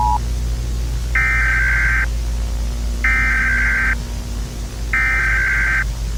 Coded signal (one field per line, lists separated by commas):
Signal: Emergency Alert System (SAME) tones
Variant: header bursts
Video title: EAS Scenario: “THE SIGNAL” (19th October 1999) *RE-UPLOAD*